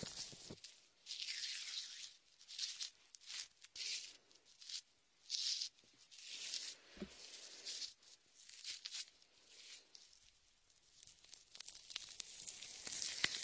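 Latex gloves rub and squish shaving foam in irregular bursts of crackly, bright hiss, broken by short pauses and occasional soft pops.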